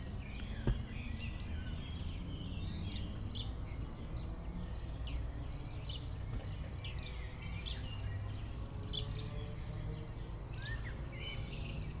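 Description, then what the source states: Crickets chirping in an even, rapidly repeated pulse train, with scattered bird calls and a brief high twitter near the end. Crickets in a pasture near Chindrieux, France; birds calling near and far.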